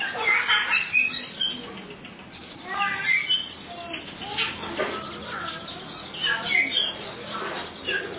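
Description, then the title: Oriental magpie-robin song: several bursts of scratchy, chirping phrases over a steady hiss. "Kacer"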